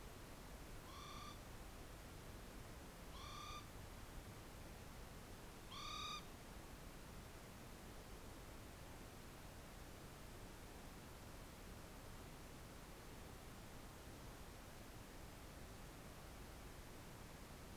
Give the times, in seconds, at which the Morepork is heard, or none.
0.81-1.40, 3.13-3.63, 5.64-6.26